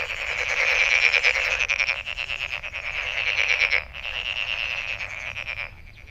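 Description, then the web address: Frog chorus of quick pulsed trills over a high ringing, loud at first, then dropping and thinning toward the end. Recorded 23 May 2008. "misc sound frog frog 20080523"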